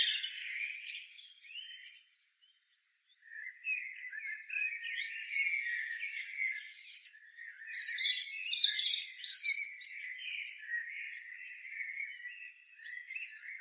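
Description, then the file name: European robin singing in short varied warbling phrases, thin high notes and lower trills, with a brief silent pause near the start. "Erithacus rubecula"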